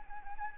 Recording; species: mosquito wingbeat signal from an infrared sensor; Anopheles arabiensis